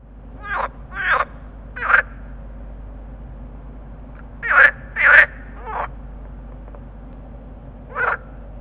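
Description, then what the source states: Water frog quacking croaks in small clusters, a loud pair around five seconds and a lone call near eight, over low background hum. Chorus call of green frogs (groene kikker).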